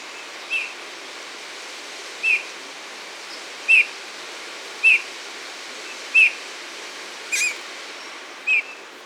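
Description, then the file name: Eurasian bullfinch calls: soft, short piping whistles repeated every one to two seconds over a steady background hiss. "Pyrrhula pyrrhula"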